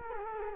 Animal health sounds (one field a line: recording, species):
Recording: mosquito wingbeat signal from an infrared sensor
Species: Culex quinquefasciatus